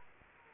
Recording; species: mosquito wingbeat signal from an infrared sensor; Anopheles gambiae